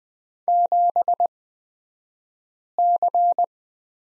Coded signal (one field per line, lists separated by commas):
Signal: Morse code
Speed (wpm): 20 wpm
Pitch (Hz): 700 Hz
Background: none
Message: 7C